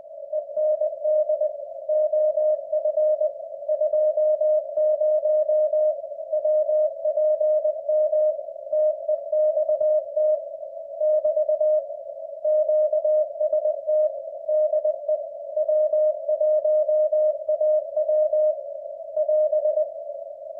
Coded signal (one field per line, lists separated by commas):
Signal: Morse code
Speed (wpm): 20 wpm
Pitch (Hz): 610 Hz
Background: none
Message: END OF 20 WPM TEXT <BT> QST DE W1AW <AS>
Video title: W1AW 15 WPM MORSE CODE PRACTICE - with captions